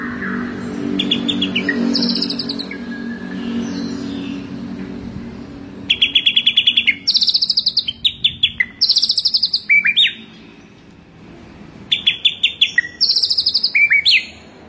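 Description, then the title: White-rumped shama song: bursts of bright, sharp, high whistled and chattering phrases separated by pauses, over a low hum. Training track; full ngerol and nembak song styles. "Masteran Murai Batu Full Ngerol Nembak"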